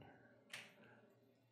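A dentist presses a snap-in denture with four female attachments onto the implant posts of a jaw model. A faint click is heard at 0.0 s, then a short, bright snap at 0.5 s. The denture seats onto the attachments and stays in place.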